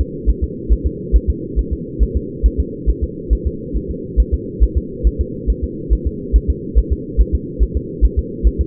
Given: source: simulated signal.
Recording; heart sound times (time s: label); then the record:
fetal heart sounds
0.01 s: S2
0.30 s: S1
0.44 s: S2
0.73 s: S1
0.87 s: S2
1.16 s: S1
1.30 s: S2
1.59 s: S1
1.73 s: S2
2.03 s: S1
2.17 s: S2
2.46 s: S1
2.60 s: S2
2.90 s: S1
3.04 s: S2
3.33 s: S1
3.47 s: S2
3.77 s: S1
3.91 s: S2
4.20 s: S1
4.34 s: S2
4.64 s: S1
4.78 s: S2
5.07 s: S1
5.21 s: S2
5.50 s: S1
5.64 s: S2
5.93 s: S1
6.07 s: S2
6.36 s: S1
6.50 s: S2
6.78 s: S1
6.92 s: S2
7.21 s: S1
7.35 s: S2
7.63 s: S1
7.77 s: S2
8.05 s: S1
8.19 s: S2
8.47 s: S1
8.61 s: S2
From the record:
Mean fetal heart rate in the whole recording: 140 bpm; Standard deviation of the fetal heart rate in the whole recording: 2 bpm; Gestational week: 34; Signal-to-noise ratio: -4.1 dB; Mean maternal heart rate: no maternal heart sound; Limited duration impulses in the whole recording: absent